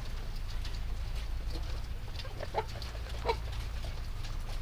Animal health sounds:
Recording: poultry house recording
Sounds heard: sick chickens (respiratory disease)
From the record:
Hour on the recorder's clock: 1

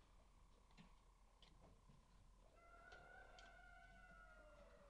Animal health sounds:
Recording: poultry house recording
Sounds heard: healthy chickens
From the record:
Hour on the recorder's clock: 5

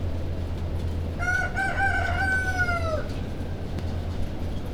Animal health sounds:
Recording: poultry house recording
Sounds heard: healthy chickens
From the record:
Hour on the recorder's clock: 2

